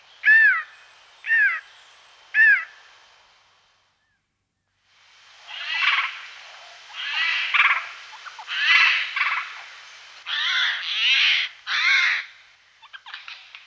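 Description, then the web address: Eurasian jay with three short falling notes, a brief pause, then a run of rasping, screeching calls grouped in quick bursts. "Skovskade"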